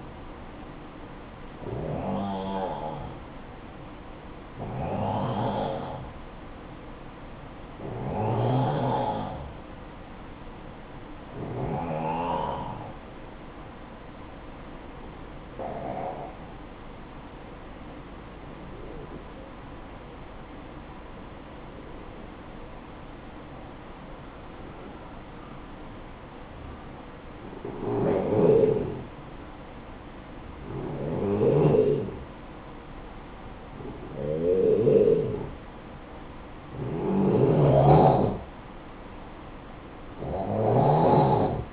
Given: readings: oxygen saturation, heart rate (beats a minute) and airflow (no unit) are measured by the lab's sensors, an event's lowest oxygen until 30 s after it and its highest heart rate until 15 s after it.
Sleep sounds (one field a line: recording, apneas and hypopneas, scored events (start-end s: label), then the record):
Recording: breathing in sleep by a voice recorder at the bedside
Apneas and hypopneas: 1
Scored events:
15.00-31.50 s: hypopnea (N1, oxygen 95% highest, then 90% lowest, heart rate 59 at the start, 65 highest)
38.00-41.73 s: new sleep stage, N2 (light sleep)
From the record:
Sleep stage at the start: N1 (lightest sleep)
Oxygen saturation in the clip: 89 to 95%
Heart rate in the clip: 55 to 65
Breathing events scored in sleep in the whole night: 573 in 9.8 hours asleep